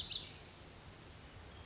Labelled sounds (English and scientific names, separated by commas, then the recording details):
Pacific Wren (Troglodytes pacificus)
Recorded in Sonoma County, California